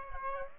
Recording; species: mosquito wingbeat signal from an infrared sensor; Aedes aegypti